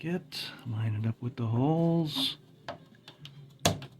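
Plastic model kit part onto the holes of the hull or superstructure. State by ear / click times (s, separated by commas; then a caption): seated / 3.7 s. A second identical plastic part from a Trumpeter 1/200 USS Iowa BB-61 model kit, lubricated with glue, is lined up with the holes and pressed onto the hull or superstructure while someone talks. A few small contact ticks at about 2.7, 3.1 and 3.3 seconds lead to a loud, sharp snap at 3.7 seconds, with a faint tick after it. The part snaps into place and is seated.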